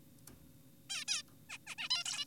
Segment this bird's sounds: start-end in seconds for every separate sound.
0.90-1.04, 1.08-1.23, 1.50-1.58, 1.67-1.75, 1.78-1.89, 1.90-2.04, 2.06-2.25